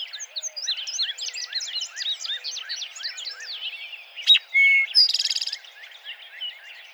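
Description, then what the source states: Eastern towhee gives one song after a stretch of dense bird chatter: a sharp note, a sustained whistle, then a fast trill. Recorded 3 July 2007.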